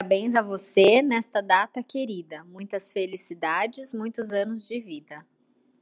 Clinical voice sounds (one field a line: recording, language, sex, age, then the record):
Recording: short text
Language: Brazilian Portuguese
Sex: female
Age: 20 to 29 years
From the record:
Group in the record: control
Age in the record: 29 years